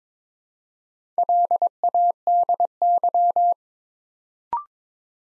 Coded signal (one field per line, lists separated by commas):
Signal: Morse code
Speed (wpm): 22 wpm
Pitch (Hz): 700 Hz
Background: none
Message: LADY